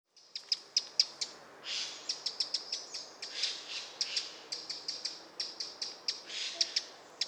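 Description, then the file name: Eurasian wren uttering a steady stream of hard, high clicking ticks, several per second, broken by short rattling bursts. "Troglodytes troglodytes"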